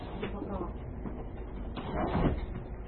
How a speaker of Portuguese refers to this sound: temos que abrir a porta para o cachorro aqui, que ele está querendo assistir a aula.